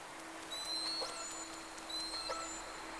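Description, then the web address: Whale whistles: two high, thin tonal calls, each sliding level then sweeping sharply upward, about 1.3 seconds apart, over a steady low hum and hiss. Two whales recorded from a vessel on 3 October 2006 at 11:30, first recording round. "Sea Snake 10-3-06 Whales X 2 11-30 Round 1"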